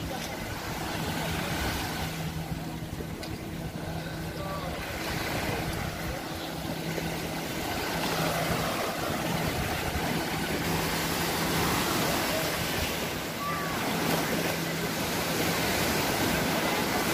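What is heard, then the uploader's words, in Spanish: A busy summer beach by the sea, with a dense, steady wash of surf and crowd murmur filling the whole clip. A low hum from passing vehicles or a motorboat runs underneath, and a few brief brighter calls or whistles rise out of the mix. Los sonidos del mar. Playa de Sitges (Barcelona - España). Así suena el mar y la playa un fin de semana de agosto en Sitges (Barcelona).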